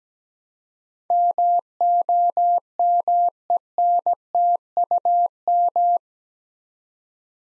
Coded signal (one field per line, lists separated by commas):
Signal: Morse code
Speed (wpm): 17 wpm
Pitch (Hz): 700 Hz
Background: none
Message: MOMENTUM